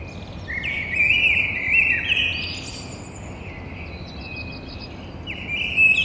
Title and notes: Merle noir côté cour. Entre mes deux fenêtres Un merle noir toulousain, fenêtre sur cour jeudi 09 avril 6:30 Toulouse - Grand Rond